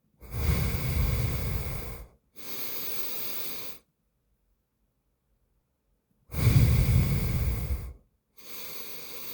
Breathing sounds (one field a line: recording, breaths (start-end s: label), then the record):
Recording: nose breathing near a microphone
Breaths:
0.00-2.11 s: exhalation
2.11-3.76 s: inhalation
6.01-7.86 s: exhalation
7.86-9.34 s: inhalation
From the record:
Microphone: phone